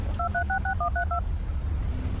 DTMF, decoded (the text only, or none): 2366132